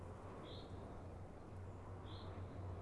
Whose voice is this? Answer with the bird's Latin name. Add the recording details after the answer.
Fringilla coelebs. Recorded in Germany. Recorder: ecoPi